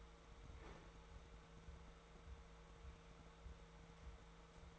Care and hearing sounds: daily activity, microphone in the room; open fridge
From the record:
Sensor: 3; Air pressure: 1014.9 hPa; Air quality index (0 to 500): 200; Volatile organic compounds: 28 ppm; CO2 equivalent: 2916 ppm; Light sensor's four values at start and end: 10/24/10/10 and 10/24/10/10

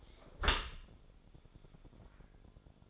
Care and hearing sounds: daily activity, microphone in the room; close dishwasher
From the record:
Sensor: 5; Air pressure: 1015.0 hPa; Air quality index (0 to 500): 167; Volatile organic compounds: 5 ppm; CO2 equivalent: 1807 ppm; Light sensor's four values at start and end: 37/88/36/39 and 38/90/37/40

